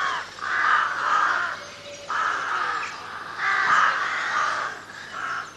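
Crow caws, loud and raspy, given in paired bursts with short pauses between groups, over a steady faint background hum.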